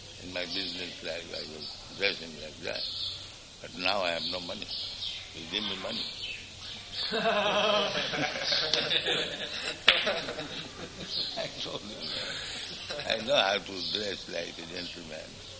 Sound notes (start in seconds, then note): 7.0 laughter; 12.3 laughs